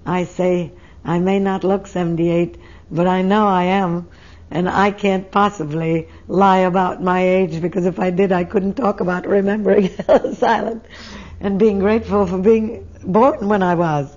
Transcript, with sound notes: I say, "I may not look seventy-eight, but I know I am, and I can't possibly lie about my age because if I did I couldn't talk about remembering ( she laughs ) Ellis Island and being grateful for being born when I was.